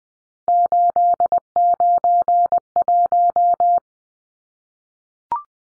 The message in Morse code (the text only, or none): 891